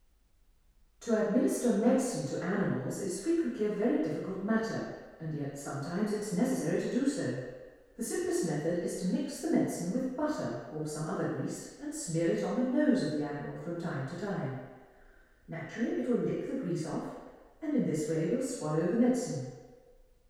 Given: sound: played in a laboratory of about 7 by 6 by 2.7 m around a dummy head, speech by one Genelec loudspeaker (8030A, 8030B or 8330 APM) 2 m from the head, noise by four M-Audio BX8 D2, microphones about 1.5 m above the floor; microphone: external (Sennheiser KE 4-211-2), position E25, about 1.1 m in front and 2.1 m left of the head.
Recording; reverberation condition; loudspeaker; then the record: female speech in English; high; in front (0 degrees)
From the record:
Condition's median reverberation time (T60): about 1300 ms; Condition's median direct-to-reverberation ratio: about -4.0 dB